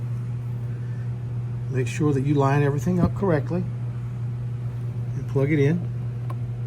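Someone talks while a plastic battery gauge wiring harness connector is lined up with its mating connector behind the dash of a 48 volt E-Z-Go TXT golf cart during an Eco Battery 105ah 51v "Skinny" bundle install. A steady low hum runs throughout, with a brief sharp tick near 6.3 seconds. The clip ends before the connector goes home, and nothing has seated or clicked yet.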